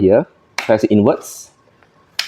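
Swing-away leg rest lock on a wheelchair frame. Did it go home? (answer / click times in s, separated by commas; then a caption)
released / 2.2 s. Someone talks while pressing the lock lever on the swing-away leg rest of a large self-propelled wheelchair with a 22-inch-wide seat inwards and turning it. A sharp, loud click sounds at 2.2 s as the leg rest unlocks from the metal wheelchair frame and is released.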